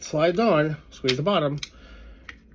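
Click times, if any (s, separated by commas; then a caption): 2.3 s. Someone talks as an M9 bayonet, which slides on after its edge was worked down with coarse emery cloth, is squeezed at the bottom onto the barrel of a Mossberg pump shotgun. It latches with a sharp click at 2.3 s, followed by faint ticks, and the bayonet locks in place.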